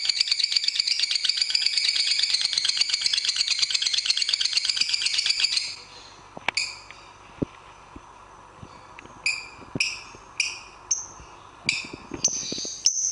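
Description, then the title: Lovebird chattering song: a dense, buzzy, rapid high trill for about five and a half seconds, then a quieter pause broken by short chirpy bursts and a few clicks. Lovebird song used for training other birds (masteran). "MASTERAN BURUNG Lovebird"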